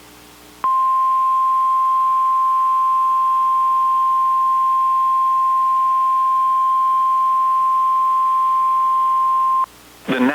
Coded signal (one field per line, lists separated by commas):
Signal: Emergency Alert System (SAME) tones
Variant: 1050 Hz attention tone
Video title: Coastal Flooding, Gales, & FOG | 9/10-23/25 (EAS #1,731-33)